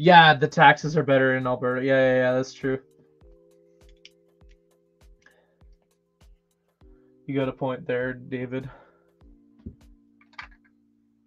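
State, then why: Seated. Someone talks during a live build of a LEGO DREAMZZZ space bus model while soft tonal sounds and faint small ticks play in the quiet stretches. A plastic LEGO element is pressed onto the brick space bus model and snaps into place with a sharp click at 10.4 s, and it is seated.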